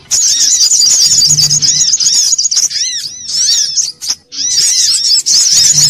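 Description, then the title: Little spiderhunter song: rapid, shrill twittering with repeated arched notes, pausing briefly around four seconds before the high chatter resumes; a low hum sounds intermittently. Bird-training (masteran) song. "Masteran Burung Sogok Ontong Labaik"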